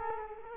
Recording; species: mosquito wingbeat signal from an infrared sensor; Culex quinquefasciatus